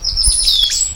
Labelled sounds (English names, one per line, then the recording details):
Stitchbird song
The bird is a male
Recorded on Tiritiri Matangi Island, New Zealand, in 2005
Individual 12, of nest box 16